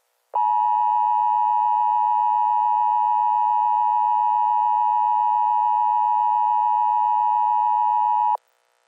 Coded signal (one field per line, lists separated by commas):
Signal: Emergency Alert System (SAME) tones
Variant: 853 and 960 Hz attention tone